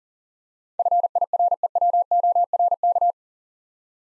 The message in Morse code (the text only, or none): FIREWORK